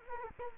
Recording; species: mosquito wingbeat signal from an infrared sensor; Culex quinquefasciatus